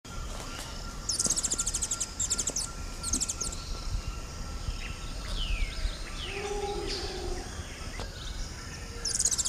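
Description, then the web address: Mango making three quick high chitter bursts, then another at the end, with other birds' sliding whistles and a steady hum in between. "mango hummingbird"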